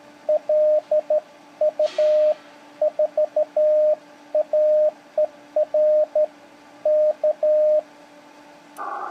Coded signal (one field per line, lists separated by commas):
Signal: Morse code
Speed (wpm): 13 wpm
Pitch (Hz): 610 Hz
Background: radio noise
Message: LU4AER K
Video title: CW CQ call from three different views